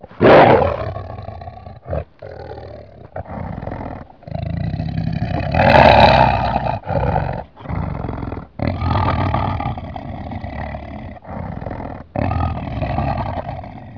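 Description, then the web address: Animal roaring: a run of deep, rough roars and growls, some long and swelling, broken by short silences. "动物的叫声"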